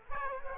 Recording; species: mosquito wingbeat signal from an infrared sensor; Culex quinquefasciatus